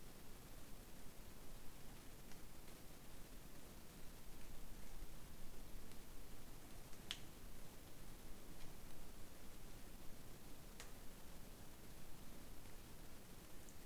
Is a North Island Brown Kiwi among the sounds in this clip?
no